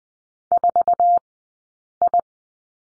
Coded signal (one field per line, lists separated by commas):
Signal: Morse code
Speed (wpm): 20 wpm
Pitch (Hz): 700 Hz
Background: none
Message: 4I